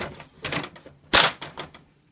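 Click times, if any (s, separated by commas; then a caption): 1.1 s. During a print magnet repair on a Wheelwriter 3 electronic typewriter, a plastic part on the print magnet assembly is pressed down by hand. Soft handling clicks and rustles lead to a sharp, loud snap at 1.2 s, followed by a few lighter clicks. The plastic part snaps down and is seated in place.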